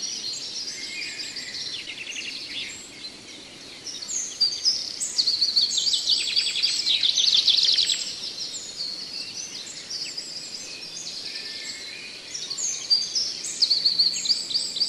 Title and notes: Audio Terapi untuk Burung Cendet Macet. Masteran Burung Cendet